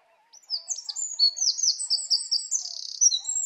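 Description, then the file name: Eurasian wren song: shrill, quick warbled notes breaking into buzzy trills, energetic and continuous for about three seconds. "Troglodytes troglodytes"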